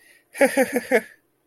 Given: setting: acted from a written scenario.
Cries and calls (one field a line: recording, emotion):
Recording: vocal sound without words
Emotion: elation